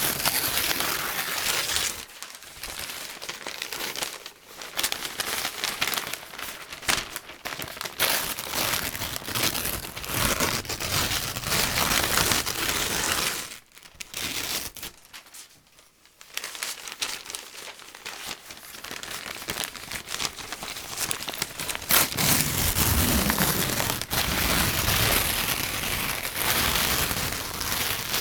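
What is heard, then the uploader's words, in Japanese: Newspaper being crumpled, torn and balled up in dense, irregular crackling bursts, with brief pauses near 14 and 16 seconds. 紙の音ASMR 新聞紙をくしゃくしゃ…やぶる、しわくちゃ、丸める！paper sound。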